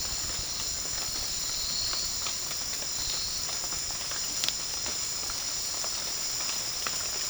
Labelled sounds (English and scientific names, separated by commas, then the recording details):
none
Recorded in pastures near Puerto Asís, Putumayo, Colombia, on 30 June 2025 at 17:30
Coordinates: 0.466, -76.322
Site GP07